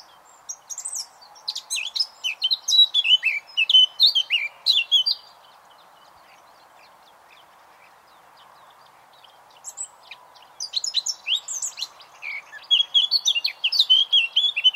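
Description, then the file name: Eurasian blackcap singing rich, varied warbling phrases of high twittering notes, falling quiet midway before a fresh burst of chattering song, with constant faint background hiss. "Sylvia atricapilla"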